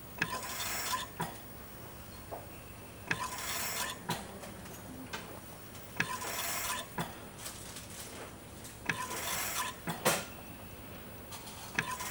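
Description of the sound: A hospital ventilator cycles steadily, about 20 breaths a minute, each delivered breath a roughly one-second broadband rush of air, with sharp mechanical clicks between breaths over a low steady hum.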